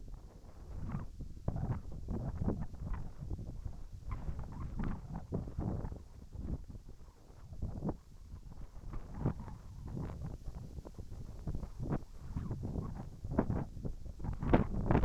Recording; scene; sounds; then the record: everyday scene through a hearing-aid microphone; wind on the microphone; wind, whistling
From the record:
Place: in front of a rural house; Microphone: behind the ear, right, front